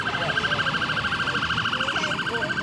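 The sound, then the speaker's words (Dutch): Police cars speed past at the busy Parliament Square intersection in Westminster, a siren wailing in a rapid, high-pitched warble, its fast up-and-down yelp repeating steadily and loudly for the whole stretch over a low rumble of traffic. “Politiewagens vliegen ons voorbij.”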